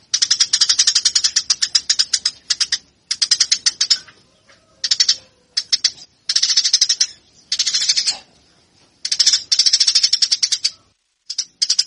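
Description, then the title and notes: Eurasian tree sparrow giving harsh, rapid chirps in dense bursts of varying length separated by short silences, each burst a fast run of high notes. Fighting calls prepared as a bird-training recording. "GEREJA TARUNG. burung gereja"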